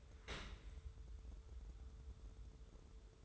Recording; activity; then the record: daily activity, microphone in the room; open dishwasher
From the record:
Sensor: 3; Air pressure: 1014.9 hPa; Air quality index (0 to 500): 31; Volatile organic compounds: 1 ppm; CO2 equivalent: 541 ppm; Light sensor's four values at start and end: 11/26/11/11 and 11/26/11/10